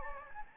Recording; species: mosquito wingbeat signal from an infrared sensor; Anopheles gambiae